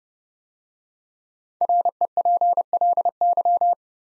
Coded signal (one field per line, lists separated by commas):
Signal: Morse code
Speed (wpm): 28 wpm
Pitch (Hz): 700 Hz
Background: none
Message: REPLY